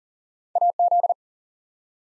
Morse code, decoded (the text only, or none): AZ